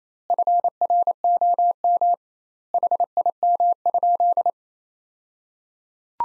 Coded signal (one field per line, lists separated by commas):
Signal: Morse code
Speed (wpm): 28 wpm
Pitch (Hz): 700 Hz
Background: none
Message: FROM HIM?